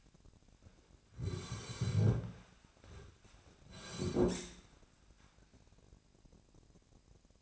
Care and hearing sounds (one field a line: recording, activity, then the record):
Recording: daily activity, microphone in the room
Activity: sit down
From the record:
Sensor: 2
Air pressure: 1009.2 hPa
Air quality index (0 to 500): 168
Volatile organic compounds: 2 ppm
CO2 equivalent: 1231 ppm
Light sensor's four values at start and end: 42/112/47/52 and 41/111/46/52